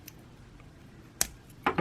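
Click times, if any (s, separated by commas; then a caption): 1.2 s. A plastic accessory part is popped out of the peg joint on a TruForce Mega Man X action figure so it can be swapped. A single sharp snap at 1.2 s marks the part releasing from the peg, followed by a couple of softer knocks of handling. The part comes free of the joint.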